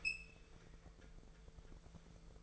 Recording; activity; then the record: daily activity, microphone in the room; open fridge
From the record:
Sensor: 5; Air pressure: 1014.9 hPa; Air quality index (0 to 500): 175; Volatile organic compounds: 6 ppm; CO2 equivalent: 1921 ppm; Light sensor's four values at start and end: 56/131/55/58 and 58/136/57/61